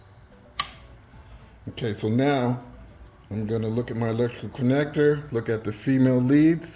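A charge air temperature sensor on a 2023-2025 Jeep Compass LT with the 2.0L GME T4 engine is pushed into the intake air duct and slowly turned to the right until its twist-lock tab clicks. A single sharp click sounds at 0.6 s as the sensor seats into place, and then someone talks.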